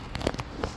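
During reassembly of a Shark steam mop, a plastic cover piece is put back on the body and pressed into the housing until it snaps in. Sharp plastic clicks sound at about 0.2, 0.3 and 0.6 seconds against a quiet background, and the cover is seated.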